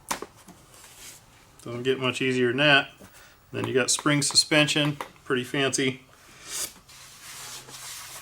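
A main landing gear leg for the H-King Viper 64 6S EDF jet from Hobbyking is pushed and twisted into the wing gear mount on the second side. It seats with a sharp click at 0.1 s. Someone then talks.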